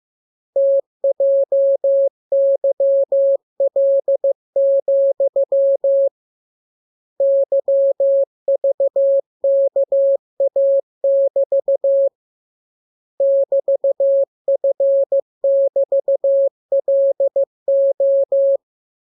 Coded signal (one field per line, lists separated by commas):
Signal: Morse code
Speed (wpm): 15 wpm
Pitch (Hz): 550 Hz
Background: none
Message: TJYL, YVKA<BT> <BT>F<BT>LO